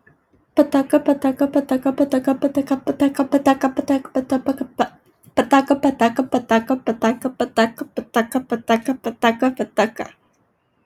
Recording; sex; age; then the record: repeated syllables /pa ta ka/; female; 20 to 29 years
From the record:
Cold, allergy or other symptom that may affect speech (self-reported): no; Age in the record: 22 years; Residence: California, United States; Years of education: 12